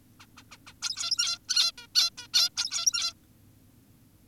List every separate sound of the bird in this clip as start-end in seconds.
0.20-0.26, 0.37-0.43, 0.52-0.58, 0.67-0.74, 0.82-1.38, 1.49-1.72, 1.78-1.87, 1.95-2.10, 2.18-2.28, 2.34-2.50, 2.57-3.14